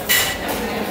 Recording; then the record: background sound without coughing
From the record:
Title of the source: 40 min - Ambience sounds UNIVERSITY lunchroom chatting